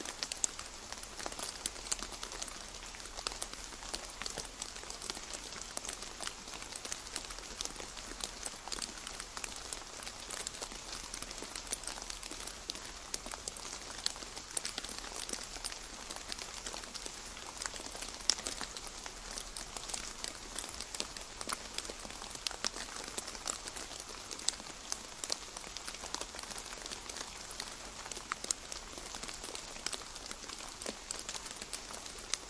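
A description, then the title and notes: Rain falls steadily on a greenhouse roof, heard from sheltered inside. Dense, fine pattering crackles continuously with bright, crisp detail and many small sharp drop hits, with no build or lull across the half minute, over a faint low rumble. Sheltered from the rain under the greenhouse.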